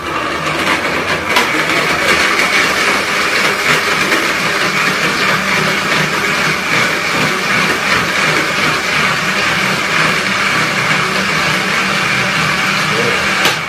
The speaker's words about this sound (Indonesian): Nah, ini dia jus sehat kita hari ini. Kita akan coba blender atau kita akan putar-putar.